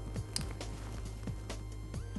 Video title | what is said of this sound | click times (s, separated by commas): CBR250R Race Kit Installation: Installing the Dynojet Fuel Management System | make sure you hear the click so you know it's plugged in tight | 0.4 s